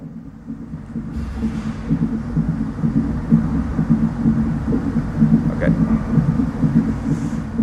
That is the sound of a heartbeat of a baby that's still in the womb.